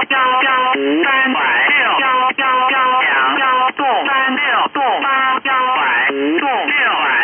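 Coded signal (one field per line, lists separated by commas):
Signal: numbers station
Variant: VC01 Chinese robot voice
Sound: rapid synthetic Chinese voice reading numbers in quick succession, with brief pauses between groups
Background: radio static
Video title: Chinese Robot number station VC01 | Signal Phantom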